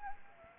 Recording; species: mosquito wingbeat signal from an infrared sensor; Anopheles arabiensis